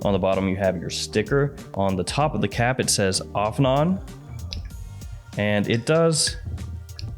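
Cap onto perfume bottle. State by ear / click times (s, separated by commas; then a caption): partly seated / 7.0 s. A perfume cap is put back onto a fragrance bottle while someone talks over background music. A short, sharp click lands at 7.0 s as the cap goes on, and the cap only partly clicks into place rather than seating fully.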